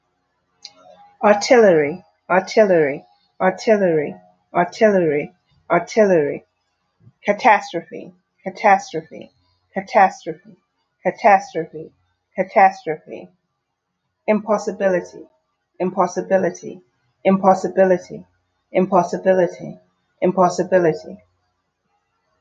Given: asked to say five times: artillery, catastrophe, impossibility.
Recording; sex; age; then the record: three words, each repeated; female; 30 to 39 years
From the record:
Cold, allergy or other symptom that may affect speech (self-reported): no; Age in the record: 34 years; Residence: Pennsylvania, United States